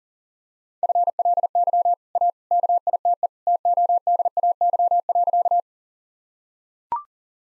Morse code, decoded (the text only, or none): FLY A KITE TODAY.